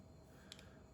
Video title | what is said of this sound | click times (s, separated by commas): How to assemble the SmallRig V Mount Plate | I don't know if you heard that little click just then, | 0.5 s, 0.6 s